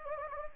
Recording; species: mosquito wingbeat signal from an infrared sensor; Anopheles gambiae